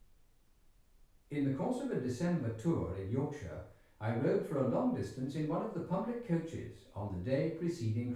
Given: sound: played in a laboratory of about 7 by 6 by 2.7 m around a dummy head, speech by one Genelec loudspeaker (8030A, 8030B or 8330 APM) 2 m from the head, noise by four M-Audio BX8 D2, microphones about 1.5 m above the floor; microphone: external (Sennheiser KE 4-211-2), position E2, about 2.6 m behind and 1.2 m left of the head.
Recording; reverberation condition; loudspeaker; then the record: male speech in English; medium; 120 degrees to the right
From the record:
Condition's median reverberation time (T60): about 510 ms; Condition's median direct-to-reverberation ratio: about -0.5 dB